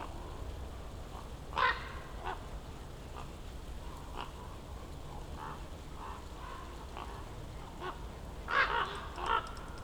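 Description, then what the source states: Common raven calls, scattered faint croaks with louder harsh calls early and near the end, over low background rumble. Ravens circling above a mountain slope for over ten minutes at Patnik mountain side, Goworów, Poland, on a New Year's walk; recordist crouched among young beeches; Zoom F4, AT BP4025.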